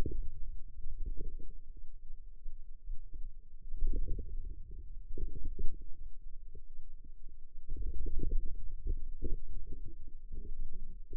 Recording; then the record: forearm muscle sounds (acoustic myography)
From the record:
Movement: ulnar deviation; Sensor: system 2, bracelet of six BSWA MPA416 microphones around the upper forearm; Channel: 5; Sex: female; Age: 21 years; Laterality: right